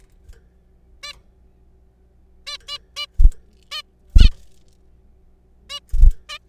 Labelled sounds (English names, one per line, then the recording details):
Zebra Finch
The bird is a juvenile
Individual R3428